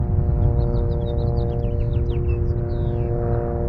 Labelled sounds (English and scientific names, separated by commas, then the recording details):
House Finch (Haemorhous mexicanus) song
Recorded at Breezy Point on Long Island, New York, on 4 June 1975
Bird B